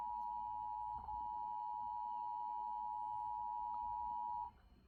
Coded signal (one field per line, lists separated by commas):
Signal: Emergency Alert System (SAME) tones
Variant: 853 and 960 Hz attention tone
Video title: EAS Live Stream Activation: Child Abduction Emergency For West Virginia